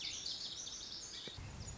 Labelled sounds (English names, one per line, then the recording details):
Lazuli Bunting
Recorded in Sonoma County, California